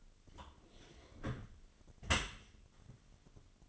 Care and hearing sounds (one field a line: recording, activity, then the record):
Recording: daily activity, microphone in the room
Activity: close dishwasher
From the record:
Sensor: 4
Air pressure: 1007.5 hPa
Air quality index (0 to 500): 198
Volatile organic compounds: 7 ppm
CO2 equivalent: 1975 ppm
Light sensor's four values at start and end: 22/71/27/26 and 23/71/27/26